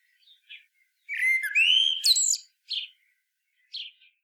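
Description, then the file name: Common blackbird giving a mellow whistled phrase that rises into a squeaky high twitter, followed by two short separate high chirps. "Turdus merula"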